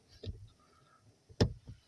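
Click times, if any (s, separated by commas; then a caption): 1.4 s. On a Peugeot 306, the plastic airbag/pretensioner electrical connector is pushed into its wiring socket under the seat after the seatbelt pretensioner is refitted. A small tick comes at 0.3 s, then a sharp, bright click at 1.4 s as the connector seats, followed by a soft knock near 1.7 s. The connector is confirmed clipped in.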